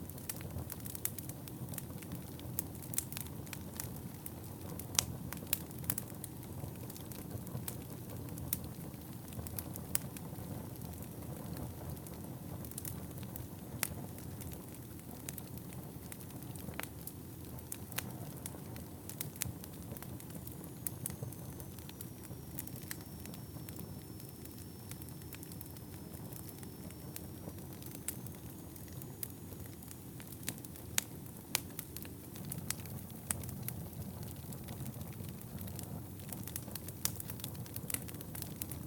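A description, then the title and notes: A fireplace fire crackles steadily, with frequent sharp pops and snaps scattered throughout, clustering more densely near the start and end. Beneath them runs a constant, even, low, soft roar of burning, with a faint thin whine drifting in midway. Relaxing Crackling Fireplace. The crackling sounds of a burning fire.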